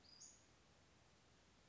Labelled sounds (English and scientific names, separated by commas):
Western Flycatcher (Empidonax difficilis)